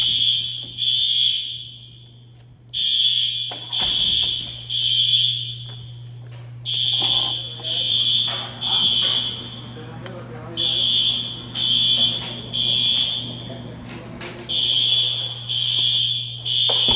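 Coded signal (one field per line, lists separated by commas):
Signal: alarm pattern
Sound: harsh electronic horn blasts in repeating groups of three with pauses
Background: electrical hum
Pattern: temporal three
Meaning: Building fire evacuation signal; the code is the standard temporal-three pattern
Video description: Test of another Gamewell S3 panel with SpectrAlert Advances.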